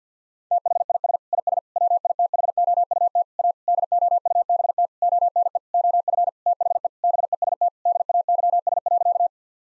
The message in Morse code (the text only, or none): THIS IS WITHOUT A DOUBT ONE OF THE BEST DAYS.